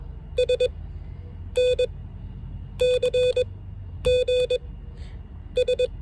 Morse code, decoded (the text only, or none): S N C G S